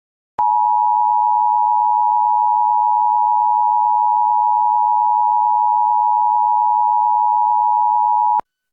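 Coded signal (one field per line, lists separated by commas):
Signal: Emergency Alert System (SAME) tones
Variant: 853 and 960 Hz attention tone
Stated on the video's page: Required monthly tests relayed by NOAA weather radio station, cable system and FM station; weather radio audio recorded directly from a Reecom R-1630 weather radio.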